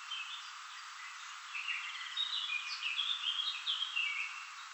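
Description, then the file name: Common chaffinch song: a lively run of quick, sharp chirps and short trills, fullest in the middle of the stretch, over a soft hiss. "Fringilla coelebs"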